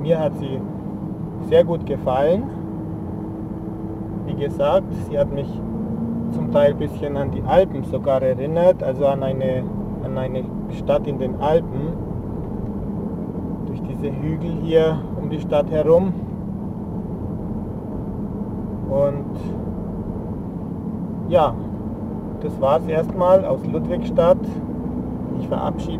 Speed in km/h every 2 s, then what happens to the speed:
46, 46, 49, 45, 45, 48, 48, 47, 48, 48, 48, 52, 57.
0-20 steady at about 48. 20-26 speeds up to 57.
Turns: none.